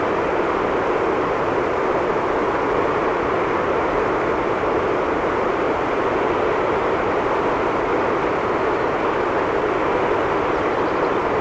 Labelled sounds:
Western Bonelli's Warbler song
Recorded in the wild
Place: Krumltal, AT
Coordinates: 47.1081, 12.9256
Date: 1964-05-22
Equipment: Uher Report 4000, AKG D190
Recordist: Krey, Winfried
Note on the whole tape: Gesang

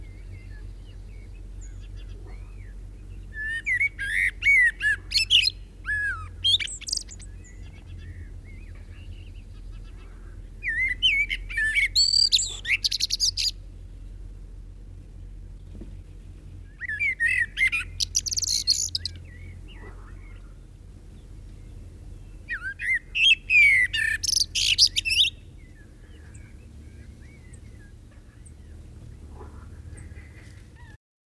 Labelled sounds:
Common Blackbird
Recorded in the wild
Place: Melnik, Blagoewgrad, BG
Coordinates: 41.525, 23.392
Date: 1974-05-22
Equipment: Nagra III BH, Sennheiser MD 21, parabola
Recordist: Schubert, Michael

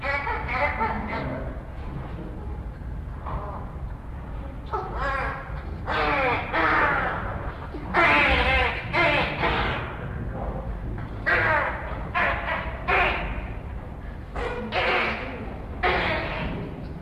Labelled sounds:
Hamadryas Baboon
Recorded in captivity
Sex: diverse
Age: diverse
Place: Zoo Berlin, Berlin, DE
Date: 1961-01-14 15:30
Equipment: Minifon, Kopie Smaragd
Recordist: Tembrock, Günter

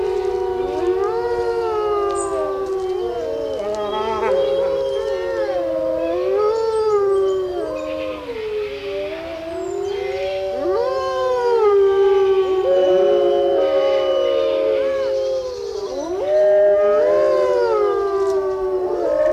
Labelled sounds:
Gray Wolf howling
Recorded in captivity
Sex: group
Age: adult
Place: Zoo Berlin, Berlin, DE
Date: 1988-11-12
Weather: bedeckt, 8-12°C
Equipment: Sony WM-D6C, Kopie 19 cm
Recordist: Tembrock, Günter

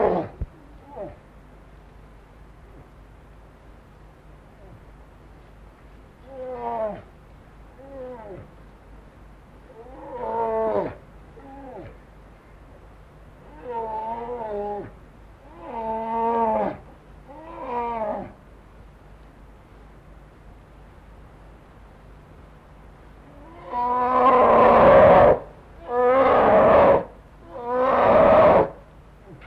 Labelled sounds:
Brown Bear call
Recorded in captivity
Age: adult
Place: Zoo Berlin, Berlin, DE
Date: 1960-10-08 14:00
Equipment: Minifon, Kopie Smaragd
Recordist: Tembrock, Günter
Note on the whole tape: Vor der Fütterung, beide laufen am Gitter (Wärter füttert im Nachbarkäfig), kleineres Tier mit Abwehrlauten gegen das größere, Lautgebung beendet nach Erhalt des Futters. Abstand 3-4 m

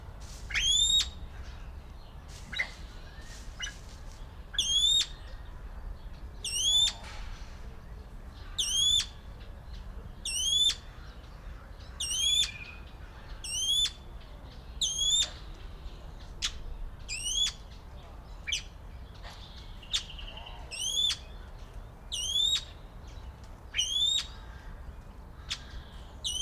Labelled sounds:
Golden Pheasant call
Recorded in captivity
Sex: male
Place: Zoo Berlin, Berlin, DE
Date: 1993-03-20 11:11
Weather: 5-8° C, böiger Wind
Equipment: Marantz CP 430, Sennheiser ME 80, Kopie Uher Variocord 263
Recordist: Tembrock, Günter

